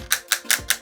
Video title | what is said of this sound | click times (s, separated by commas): New Power Rangers Reignition Red Tyrannosaurus 🤯 comparison to Power Rangers ZAP Tyrannosaurus Zord | get that nice clicketity clackety ratchet, | 0.1 s, 0.3 s, 0.7 s